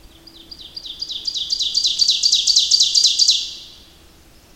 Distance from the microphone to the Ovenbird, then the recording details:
about 35 m. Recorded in boreal forest in Alberta, Canada, on 28 May 2016 at 06:14. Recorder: SongMeter 3, array SBT-3-49. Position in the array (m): 88 m, 181 m. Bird 15